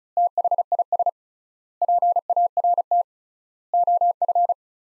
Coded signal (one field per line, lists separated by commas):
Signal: Morse code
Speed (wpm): 36 wpm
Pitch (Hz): 700 Hz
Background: none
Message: THIS PART OF